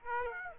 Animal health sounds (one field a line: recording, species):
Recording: mosquito wingbeat signal from an infrared sensor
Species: Aedes aegypti